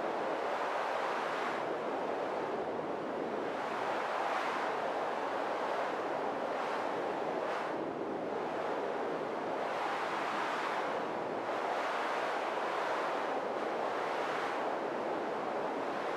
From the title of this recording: White Noise Wind